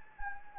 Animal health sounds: mosquito wingbeat signal from an infrared sensor; Anopheles gambiae

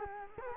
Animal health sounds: mosquito wingbeat signal from an infrared sensor; Culex quinquefasciatus

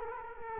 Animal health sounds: mosquito wingbeat signal from an infrared sensor; Culex quinquefasciatus

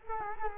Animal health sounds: mosquito wingbeat signal from an infrared sensor; Culex quinquefasciatus

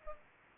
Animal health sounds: mosquito wingbeat signal from an infrared sensor; Culex pipiens

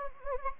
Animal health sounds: mosquito wingbeat signal from an infrared sensor; Anopheles gambiae

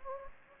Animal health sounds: mosquito wingbeat signal from an infrared sensor; Anopheles gambiae

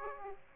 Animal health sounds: mosquito wingbeat signal from an infrared sensor; Aedes aegypti

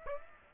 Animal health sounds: mosquito wingbeat signal from an infrared sensor; Aedes aegypti

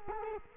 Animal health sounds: mosquito wingbeat signal from an infrared sensor; Culex quinquefasciatus

